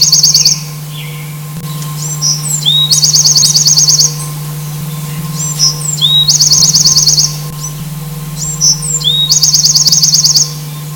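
Bewick's wren repeats its song three times: brief slurred notes leading into a bright, rapid high trill, with a persistent low hum behind.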